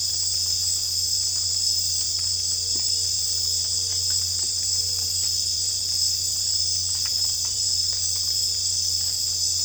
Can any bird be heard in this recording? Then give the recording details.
no. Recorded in secondary vegetation near Puerto Asís, Putumayo, Colombia, on 22 December 2024 at 21:30. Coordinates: 0.484, -76.319. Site GP06